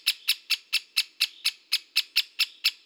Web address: Dendrocopos major